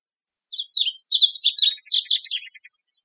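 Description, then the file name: Varied bunting singing a quick, tumbling warble of slurred whistled notes, ending with a short run of softer lower chips. Recorded in Arizona on 6 August 2007. "AZFO VABU 070806. Deviche"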